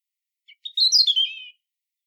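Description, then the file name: European robin song: two tiny lead-in notes, then a brief burst of high, rippling, liquid warbling that dips lower at the end. "Erithacus rubecula"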